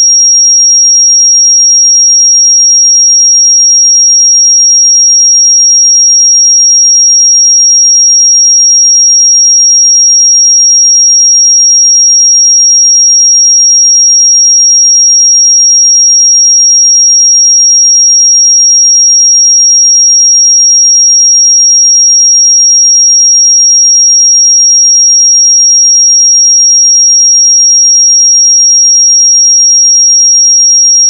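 A pure 5623 Hz sine tone, a thin, piercing high whistle that holds perfectly steady at one level for the whole clip, with nothing else heard.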